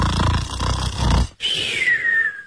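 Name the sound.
voice imitating snoring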